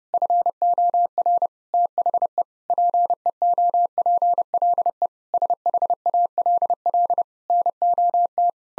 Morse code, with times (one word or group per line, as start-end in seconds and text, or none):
0.1-1.5 FOR
1.7-2.4 THE
2.7-5.1 PEOPLE
5.3-7.2 SHALL
7.5-8.5 NOT